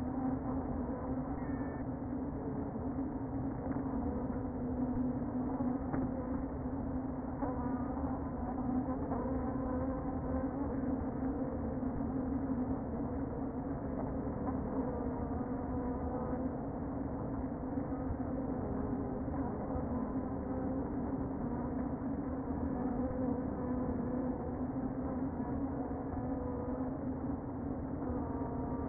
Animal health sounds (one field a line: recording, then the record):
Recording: honeybee colony, microphone inside the hive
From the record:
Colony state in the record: queen present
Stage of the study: before two queens were removed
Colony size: about 60,000 bees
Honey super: yes